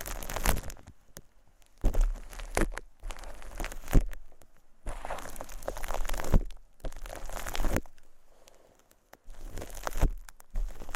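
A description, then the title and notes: Shaving cream and plastic wrap are handled in bursts of dense crinkling and crackling, separated by brief near-silent pauses, with occasional sharp taps. Playing With Shaving Cream (Plastic Wrap, Brushing, Massage, Crinkles).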